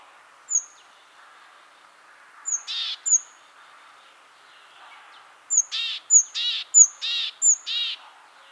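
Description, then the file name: Great tit calls: a thin, high whistled note, then harsh buzzy churring notes, repeated in a series of whistle-and-buzz pairs toward the end. "Parus major"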